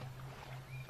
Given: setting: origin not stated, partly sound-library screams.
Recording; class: one-second piece from a danger detection set; normal situation